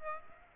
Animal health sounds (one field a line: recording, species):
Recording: mosquito wingbeat signal from an infrared sensor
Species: Aedes aegypti